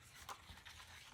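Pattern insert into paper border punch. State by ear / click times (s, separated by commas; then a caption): not seated / none. The interchangeable pattern insert of a paper border punch is turned over, flipped and handled to lock into the punch body, with a brief sharp transient at 0.3 s and quieter handling noise after. Nothing has seated or clicked yet; the clip ends before the insert locks into place.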